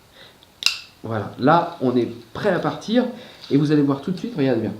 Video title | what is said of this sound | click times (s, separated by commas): COMMENT BIEN TENIR SON APPAREIL PHOTO? | récupérer voilà se clipse ici et là | 0.4 s, 0.7 s